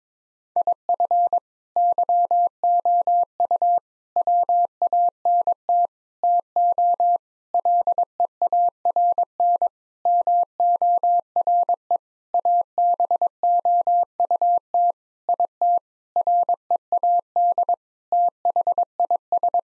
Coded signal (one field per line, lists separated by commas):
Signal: Morse code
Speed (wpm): 22 wpm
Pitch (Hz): 700 Hz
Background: none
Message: IF YOU WANT TO LEARN MORE ABOUT IT READ THIS